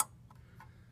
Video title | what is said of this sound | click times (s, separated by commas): Dodge Dart 1.4l Waste Gate Adjustment | and you'll hear it click and now it's in position and now you've adjusted your waist gate | 0.0 s